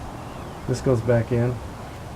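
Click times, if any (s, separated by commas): none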